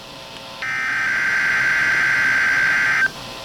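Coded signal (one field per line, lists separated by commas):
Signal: Emergency Alert System (SAME) tones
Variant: header bursts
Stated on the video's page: EAS tones from a Required Weekly Test and an out-of-county Severe Thunderstorm Warning.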